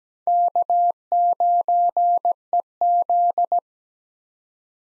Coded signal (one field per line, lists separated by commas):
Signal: Morse code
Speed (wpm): 17 wpm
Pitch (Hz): 700 Hz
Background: none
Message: K9EZ